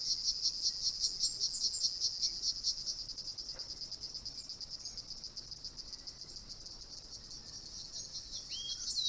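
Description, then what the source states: Cicada gives a high, rattling, pulsed drone that breaks into distinct rhythmic throbs, then swells again at the end. Recorded at Jomsom, Nepal.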